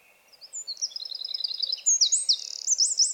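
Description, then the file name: Eurasian wren song fragment: fast, high, ringing trills building in loudness, with sharp rising notes and rattling runs tumbling quickly one after another. "Troglodytes troglodytes"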